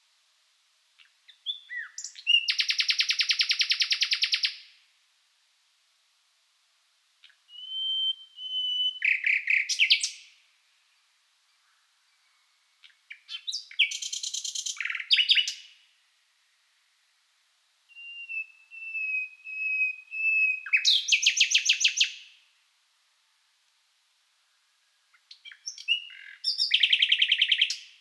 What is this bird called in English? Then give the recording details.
Common Nightingale. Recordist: Frommolt, Karl-Heinz